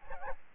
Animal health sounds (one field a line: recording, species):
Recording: mosquito wingbeat signal from an infrared sensor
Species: Aedes albopictus